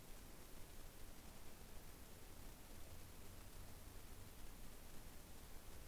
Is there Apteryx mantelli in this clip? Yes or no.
no